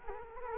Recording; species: mosquito wingbeat signal from an infrared sensor; Culex quinquefasciatus